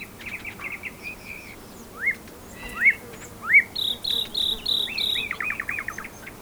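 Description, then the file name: Common nightingale song with varied phrases: a quick trill, rising whistled slurs, a string of high notes and a closing run of rapid descending notes. "Luscinia megarhynchos"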